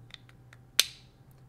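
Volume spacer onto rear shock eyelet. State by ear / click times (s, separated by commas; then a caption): seated / 0.8 s. A plastic volume spacer is lined up on the keyed feature of a rear shock's eyelet and pressed on until it snaps into place. A few faint light ticks come first, then one sharp, bright click at 0.8 s as the spacer seats, with a low steady hum underneath.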